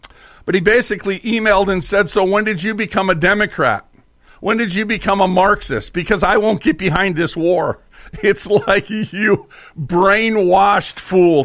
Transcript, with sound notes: But he basically emailed and said, "So when did you become a Democrat? When did you become a Marxist? Because I won't get behind this war." (laughs) It's like, you brainwashed fools.